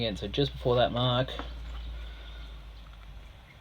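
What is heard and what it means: A slingshot band is positioned just before its mark and lined up with the band slot in the fork, ready to be inserted. Someone talks for the first 1.3 seconds, then only a low steady hum remains. Nothing has clicked or seated yet.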